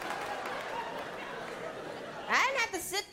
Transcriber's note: laughter